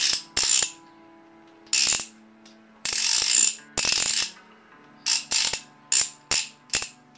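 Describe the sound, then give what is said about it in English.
Three door locks on Kim Kitsuragi's front door being turned one after another in a series of sharp metallic clicks and ratcheting bursts, several separate turns spaced out with short pauses between them, with no voices. “A lock turns. Breaking you from your snooping. and then another.”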